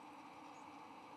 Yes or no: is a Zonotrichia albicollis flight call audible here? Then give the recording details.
no. Another species' flight call is heard. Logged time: 11:04 on 3 November 2014